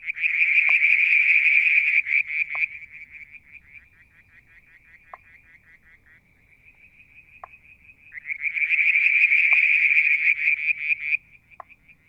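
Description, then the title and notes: Frogs calling in loud bursts of fast pulsed notes, fading to a softer steady trill in the middle before swelling again, with occasional sharp clicking notes. Striped marsh frog, Verreaux's tree frog and an unidentified frog; Mount Wilson, New South Wales, Australia; July 2022; evening near a water tank. "Frog song, Mount Wilson, New South Wales, Australia in July 2022 – by Alexander Moffatt. Limnodynastes Peronii, Litoria Verreauxii and a mystery frog one evening near the water tank"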